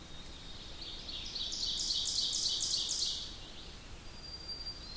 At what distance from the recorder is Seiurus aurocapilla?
about 30 m